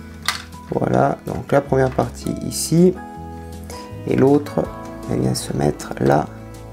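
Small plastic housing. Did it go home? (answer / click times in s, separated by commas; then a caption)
no / none. A plastic half of the front electrical box housing is handled against the chassis of a 1/8 scale Alpine A110 1600S model car while someone talks over steady background music. The second half is being positioned but has not seated or clicked yet.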